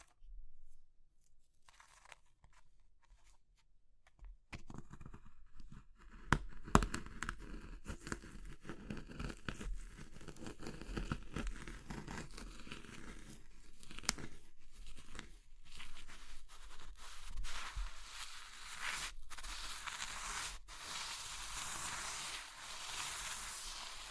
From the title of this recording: Oddly Satisfying Crushing Triggers Soap, Chalk, Meringue, Pastel